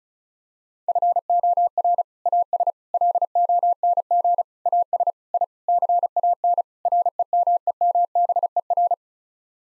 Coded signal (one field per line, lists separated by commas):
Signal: Morse code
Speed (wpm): 36 wpm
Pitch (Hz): 700 Hz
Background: none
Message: FOR AS LONG AS I CAN REMEMBER